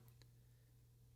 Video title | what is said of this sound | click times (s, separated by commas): Samsung Fridge Ice Maker Not Working? How to Replace a Samsung Fridge Ice Maker! | and it should snap up in there there we go | 0.2 s